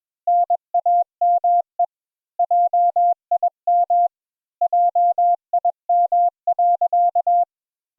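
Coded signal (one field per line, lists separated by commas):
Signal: Morse code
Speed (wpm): 21 wpm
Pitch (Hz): 700 Hz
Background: none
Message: NAME JIM JIM.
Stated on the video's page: Morse code practice session.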